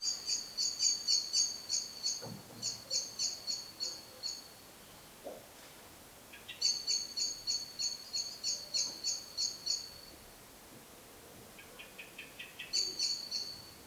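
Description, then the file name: Common blackbird calls: repeated runs of high, clipped, metallic notes in fast even rhythm, separated by brief gaps, with a few soft knocks. "Turdus merula"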